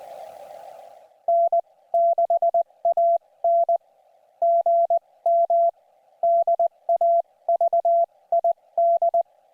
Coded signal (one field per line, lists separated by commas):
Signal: Morse code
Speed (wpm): 20 wpm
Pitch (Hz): 680 Hz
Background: none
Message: N6AN GM DAVID